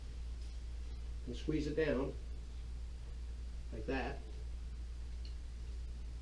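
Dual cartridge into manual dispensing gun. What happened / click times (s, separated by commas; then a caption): Handled, not yet home: cartridge pressed into dispensing gun, no seating click / none. A dual adhesive cartridge is held in place with the piston rod and squeezed down into a manual dispensing gun while someone talks over a steady low hum. The cartridge is handled but nothing has seated or clicked yet; a faint tick comes at 5.2 s.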